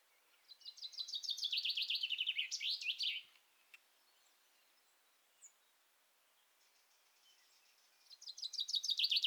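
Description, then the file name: Common chaffinch song, a cascading trill of rapid high notes ending in a flourish, followed by a quiet gap and the start of another phrase. "Fringilla coelebs"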